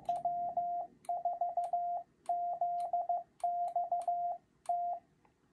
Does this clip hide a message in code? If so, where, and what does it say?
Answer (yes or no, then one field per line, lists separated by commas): yes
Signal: Morse code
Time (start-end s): 0.1-4.9 s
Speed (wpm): 15 wpm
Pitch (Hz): 700 Hz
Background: radio noise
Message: W4ZXT